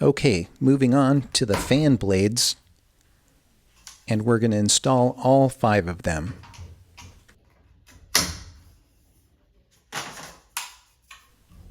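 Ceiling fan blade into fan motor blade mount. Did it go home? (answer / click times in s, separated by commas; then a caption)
yes / 8.1 s, 10.6 s. Someone talks, then ceiling fan blades are pushed into their blade mounts on the fan motor housing. Two sharp snaps at 8.2 s and 10.6 s mark the blades seating into place.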